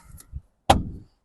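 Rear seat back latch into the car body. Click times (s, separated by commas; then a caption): 0.7 s. On a 2023 Nissan Juke small SUV, the folded rear seat back is raised and pushed upright after the seat belt is pulled through, with soft low handling sounds and a faint tick at 0.2 s. Its latch catches into the car body with a loud thunk at 0.7 s that decays over about a third of a second, and the seat back is seated.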